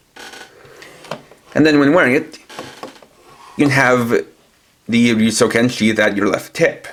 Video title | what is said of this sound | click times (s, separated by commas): Ryusoul Set 01 & Ryusou Buckle Double-Review (Kishiryu Sentai Ryusoulger) | where it'll softly lock into place | 1.1 s